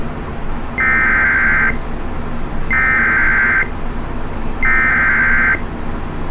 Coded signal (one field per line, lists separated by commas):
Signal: Emergency Alert System (SAME) tones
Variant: header bursts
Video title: 4 Severe Thunderstorm Warnings || 9-6-24 (EAS #3,061-3,064)